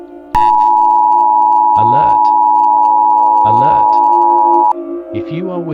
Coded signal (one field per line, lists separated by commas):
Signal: Emergency Alert System (SAME) tones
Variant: 853 and 960 Hz attention tone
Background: speech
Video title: TWO NATIONS, HEAD TO HEAD. - EAS Scenario #8